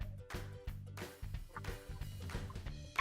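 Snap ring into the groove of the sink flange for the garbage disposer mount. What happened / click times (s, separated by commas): Metal ring being worked into place, no clear seating yet / none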